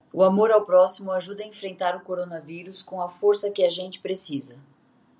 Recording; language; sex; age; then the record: spoken sentence; Brazilian Portuguese; female; 20 to 29 years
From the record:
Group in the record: control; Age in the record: 21 years